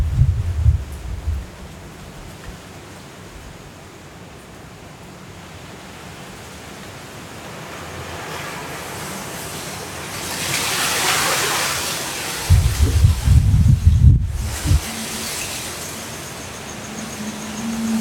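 Hurricane winds roar in a steady, dense rush with rain hissing throughout. A bright gust swells around ten to twelve seconds, and deep rumbling thuds break in at the start and again near thirteen to fifteen seconds, followed by a brief dropout.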